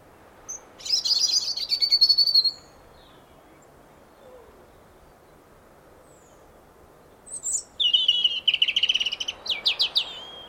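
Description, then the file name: European robin song: a high, thin warbled phrase with a trill, a pause of several seconds, then a longer phrase of rapid high notes and trills. "Erithacus rubecula"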